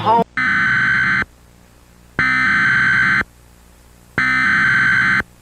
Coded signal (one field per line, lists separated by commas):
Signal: Emergency Alert System (SAME) tones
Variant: header bursts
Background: speech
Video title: EAS Scenario - The Sun Vanished Remastered